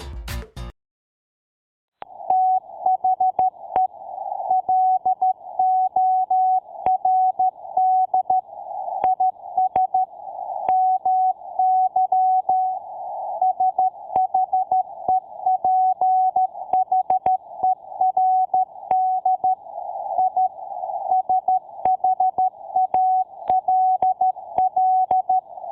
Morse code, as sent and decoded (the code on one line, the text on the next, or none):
- .... . / .-.. --- .-. -.. / .. ... / -- -.-- / ... .... . .--. .... . .-. -.. / .. / ... .... .- .-.. .-..
THE LORD IS MY SHEPHERD I SHALL